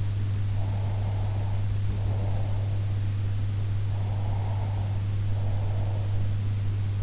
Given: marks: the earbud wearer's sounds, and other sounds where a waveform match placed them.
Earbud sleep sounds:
sounds in sleep by an in-ear microphone; breath
0.51-2.91 s: breath
3.91-6.48 s: breath

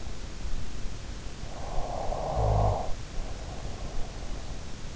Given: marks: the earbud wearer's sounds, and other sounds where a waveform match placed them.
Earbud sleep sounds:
sounds in sleep by an in-ear microphone; snoring breath
0.96-4.19 s: snoring breath

